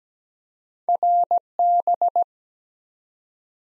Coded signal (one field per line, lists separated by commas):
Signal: Morse code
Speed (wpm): 17 wpm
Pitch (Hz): 700 Hz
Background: none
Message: RB